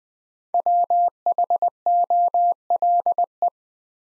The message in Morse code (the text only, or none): WHOLE